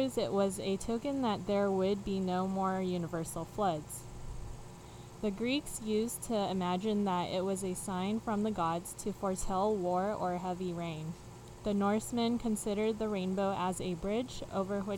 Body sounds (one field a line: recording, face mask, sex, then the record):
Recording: reading aloud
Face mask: none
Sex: female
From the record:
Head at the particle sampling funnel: facing it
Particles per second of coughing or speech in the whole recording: 0.54